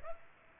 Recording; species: mosquito wingbeat signal from an infrared sensor; Aedes aegypti